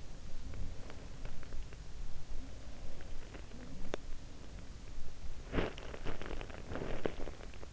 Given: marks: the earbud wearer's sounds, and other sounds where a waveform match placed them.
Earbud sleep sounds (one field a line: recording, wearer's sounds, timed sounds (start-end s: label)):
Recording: sounds in sleep by an in-ear microphone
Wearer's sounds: teeth grinding, body movement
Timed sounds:
3.80-4.07 s: teeth grinding
5.39-7.73 s: body movement